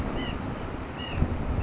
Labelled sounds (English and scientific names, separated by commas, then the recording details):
White-breasted Nuthatch (Sitta carolinensis)
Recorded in Sonoma County, California